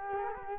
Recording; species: mosquito wingbeat signal from an infrared sensor; Culex quinquefasciatus